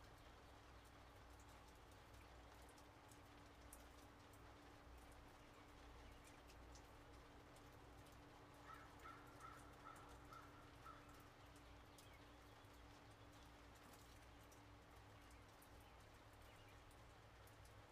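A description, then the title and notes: Steady rain drips patter densely on a tin roof under a low constant hum, with a brief chirping run near the middle. Montana (Rain & Crickets) Sounds. Cricket Songs, Rain Drips off Tin Roof. Join me today on a simple spring day in Montana.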